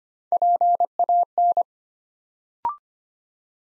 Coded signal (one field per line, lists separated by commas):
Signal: Morse code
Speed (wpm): 25 wpm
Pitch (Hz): 700 Hz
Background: none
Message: PAN